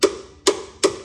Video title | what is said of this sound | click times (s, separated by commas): Installation of an Eco Hitch on a 2024 Subaru Crosstrek Wilderness | Okay. You hear that click? That's your hardware | 0.5 s